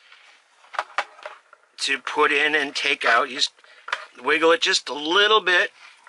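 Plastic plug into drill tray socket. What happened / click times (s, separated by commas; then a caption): A small plastic plug is handled but not yet pushed home / none. A plastic plug is handled at its socket in a plastic diamond-painting drill tray, with a few short clicks and taps early on, around 0.8 s and 1.0 s, while someone talks. Nothing has seated or clicked into place yet; the clip ends before the plug goes home.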